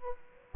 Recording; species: mosquito wingbeat signal from an infrared sensor; Aedes aegypti